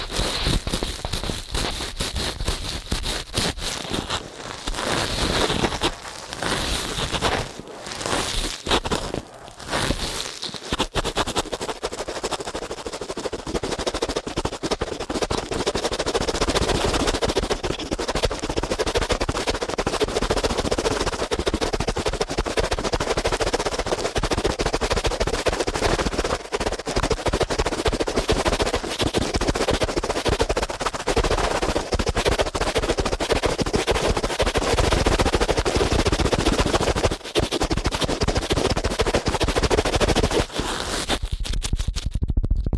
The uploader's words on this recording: ASMR Ear Cleaning at Helicopter Speed for the Heavily Immune (No Talking).